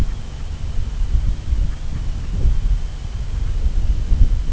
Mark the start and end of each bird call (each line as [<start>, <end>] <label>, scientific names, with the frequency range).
[0.01, 0.49] Branta bernicla (0.3-2.7 kHz)
[1.62, 2.33] Branta bernicla (0.3-2.6 kHz)